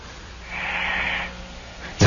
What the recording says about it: He's not gone through puberty. And listen to his snoring. Didn't I say it sounded like a little kid, like a child? It doesn't have that coarse. No, it does not have that rattle. manly snore.